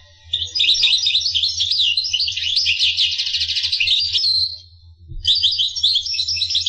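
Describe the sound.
Finch song, a long stream of fast high twittering and buzzy trills lasting about four seconds, then a brief pause before the warbling resumes; a low steady hum underneath.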